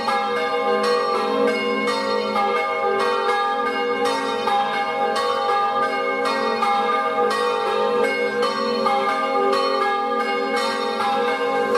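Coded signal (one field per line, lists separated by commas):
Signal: bell signal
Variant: Friulian battiore and dopli ringing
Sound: three church bells ringing rapidly and continuously in overlapping rhythmic strikes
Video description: Battiore e Dopli (dura 1 minuto e mezzo) delle 18:00 per la Messa delle 18:30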